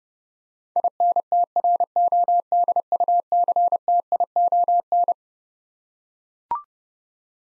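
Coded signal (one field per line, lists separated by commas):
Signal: Morse code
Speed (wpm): 30 wpm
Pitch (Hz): 700 Hz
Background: none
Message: INTRODUCTION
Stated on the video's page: Head-copy drill of twelve-letter words at 30 wpm, each word sent, spoken, then sent again.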